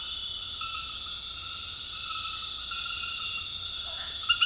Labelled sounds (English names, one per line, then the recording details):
none
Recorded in dense forest near Puerto Asís, Putumayo, Colombia, on 8 March 2025 at 22:30
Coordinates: 0.484, -76.325
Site G045